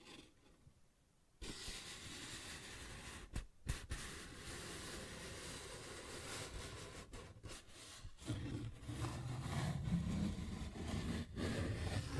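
A paper bag is scratched and rubbed in a dense, continuous crinkling rustle that starts abruptly after a second of near silence. Brief pauses break it around three, eight and eleven seconds, and a low rumbling grows heavier in the second half.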